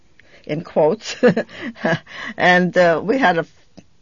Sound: she laughs

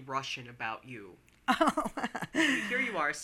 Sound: laughs

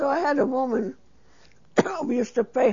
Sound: she coughs

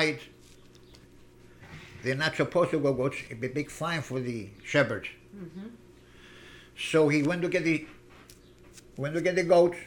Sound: none

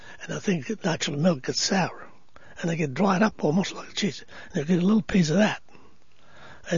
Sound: none

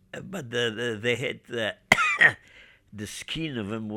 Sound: he coughs

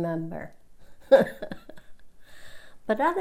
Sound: she laughs

